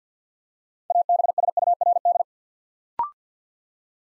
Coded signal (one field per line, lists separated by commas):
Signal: Morse code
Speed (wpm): 50 wpm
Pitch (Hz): 700 Hz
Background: none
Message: ABSURD